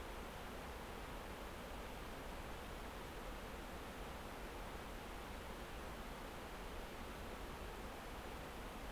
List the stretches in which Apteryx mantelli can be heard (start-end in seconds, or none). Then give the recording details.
none. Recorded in New Zealand on 9 December 2013. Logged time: 23:28. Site DE65